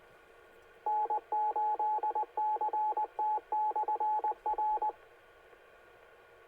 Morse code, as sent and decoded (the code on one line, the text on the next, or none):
-. ---.. -.-. - -..-. .-.
N8CT/R